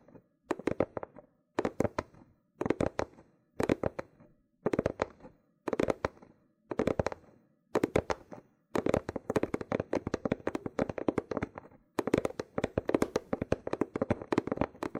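Loofah peeling and popping in dense crackly bursts, short regular clusters for eight seconds, then nearly continuous rapid popping to the end.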